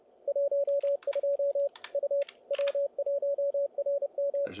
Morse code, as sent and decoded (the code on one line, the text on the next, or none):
.---- ..--- / ..- / .-- .---- .-. --
12 U W1RM